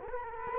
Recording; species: mosquito wingbeat signal from an infrared sensor; Culex quinquefasciatus